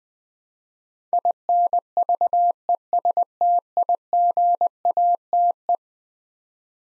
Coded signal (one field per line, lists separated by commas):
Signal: Morse code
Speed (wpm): 21 wpm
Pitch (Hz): 700 Hz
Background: none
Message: INVESTIGATE